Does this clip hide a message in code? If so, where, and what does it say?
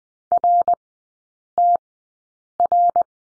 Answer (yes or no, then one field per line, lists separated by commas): yes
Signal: Morse code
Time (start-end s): 0.3-3.0 s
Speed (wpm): 20 wpm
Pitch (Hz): 700 Hz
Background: none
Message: RTR